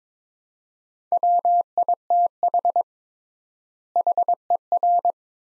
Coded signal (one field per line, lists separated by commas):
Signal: Morse code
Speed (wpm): 22 wpm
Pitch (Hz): 700 Hz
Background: none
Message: WITH HER